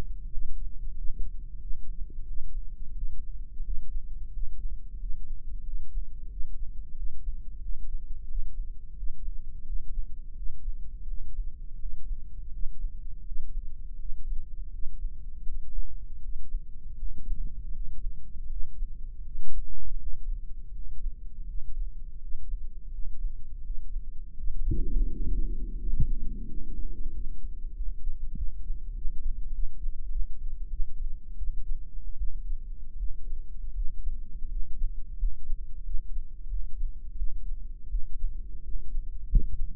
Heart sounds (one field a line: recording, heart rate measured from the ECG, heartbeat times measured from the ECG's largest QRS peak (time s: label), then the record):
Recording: heart sounds by microphone in the right ear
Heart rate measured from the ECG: 86 bpm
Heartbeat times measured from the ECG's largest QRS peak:
0.26 s: heartbeat
0.91 s: heartbeat
1.56 s: heartbeat
2.22 s: heartbeat
2.90 s: heartbeat
3.59 s: heartbeat
4.28 s: heartbeat
4.95 s: heartbeat
5.60 s: heartbeat
6.25 s: heartbeat
6.91 s: heartbeat
7.57 s: heartbeat
8.24 s: heartbeat
8.92 s: heartbeat
9.61 s: heartbeat
10.32 s: heartbeat
11.03 s: heartbeat
11.75 s: heartbeat
12.48 s: heartbeat
13.21 s: heartbeat
13.95 s: heartbeat
14.68 s: heartbeat
15.42 s: heartbeat
16.18 s: heartbeat
16.94 s: heartbeat
17.70 s: heartbeat
18.46 s: heartbeat
19.20 s: heartbeat
19.95 s: heartbeat
20.70 s: heartbeat
21.43 s: heartbeat
22.17 s: heartbeat
22.88 s: heartbeat
23.59 s: heartbeat
24.33 s: heartbeat
25.06 s: heartbeat
25.77 s: heartbeat
26.45 s: heartbeat
27.11 s: heartbeat
27.73 s: heartbeat
28.33 s: heartbeat
28.92 s: heartbeat
29.50 s: heartbeat
30.07 s: heartbeat
30.68 s: heartbeat
31.35 s: heartbeat
32.16 s: heartbeat
32.96 s: heartbeat
33.72 s: heartbeat
34.47 s: heartbeat
35.16 s: heartbeat
35.82 s: heartbeat
36.46 s: heartbeat
37.15 s: heartbeat
37.88 s: heartbeat
38.61 s: heartbeat
39.26 s: heartbeat
From the record:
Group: healthy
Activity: breath hold 0-24 s, rest 24-40 s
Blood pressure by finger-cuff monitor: 119/89 mmHg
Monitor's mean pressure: 95 mmHg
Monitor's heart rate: 87 bpm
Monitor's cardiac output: 6 L/min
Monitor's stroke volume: 69 mL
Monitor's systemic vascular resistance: 1180 dyn s/cm5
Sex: male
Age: 21 years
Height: 180 cm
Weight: 67.5 kg